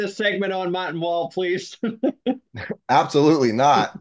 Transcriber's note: laughing